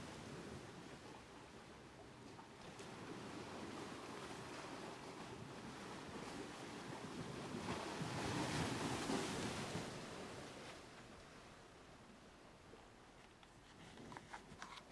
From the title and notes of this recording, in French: Un voyage sonore dans les vagues de Phú Quốc, au large du Cambodge.